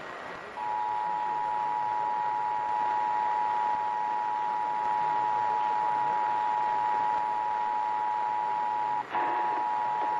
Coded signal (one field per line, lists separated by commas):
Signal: Emergency Alert System (SAME) tones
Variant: 853 and 960 Hz attention tone